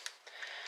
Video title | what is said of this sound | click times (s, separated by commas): Peteman Reviews Unique Toys Fuel Supply Provider aka Transformers Octane | it all snaps together | 0.1 s